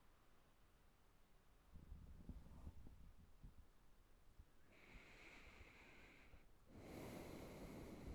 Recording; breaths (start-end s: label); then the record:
nose breathing near a microphone
4.31-6.58 s: inhalation
6.58-8.15 s: exhalation
From the record:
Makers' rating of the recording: good